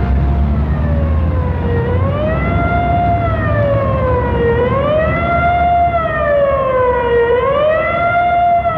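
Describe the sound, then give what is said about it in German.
A loud smog alarm siren over an industrial zone wails continuously, its tone slowly rising and falling in long sweeping cycles over a steady low rumble, with no voices. “Es herrscht Smog-Alarm.”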